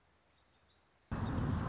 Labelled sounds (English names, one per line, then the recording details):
Song Sparrow
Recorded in Sonoma County, California